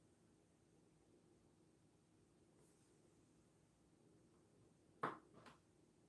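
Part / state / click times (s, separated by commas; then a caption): light kit cable plug into connector socket / seated / 5.0 s. A small light-kit cable plug is pushed into its plastic connector on a brick model. After about five seconds of quiet, a sharp click sounds at 5.0 s, followed by a softer tap at about 5.5 s. The plug seats, snapping right into the connector.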